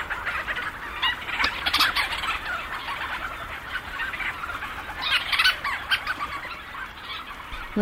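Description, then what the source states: Leach's storm petrel chorus with loud bursts of rattling chatter near the start and again after five seconds, quieter overlapping calls between. Thousands circling overhead, swooping and calling into the night.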